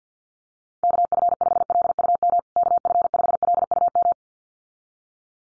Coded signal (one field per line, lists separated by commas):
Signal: Morse code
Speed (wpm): 50 wpm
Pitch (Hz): 700 Hz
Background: none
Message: KF5LUM KF5LUM